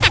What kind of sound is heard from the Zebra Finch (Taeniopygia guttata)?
tet call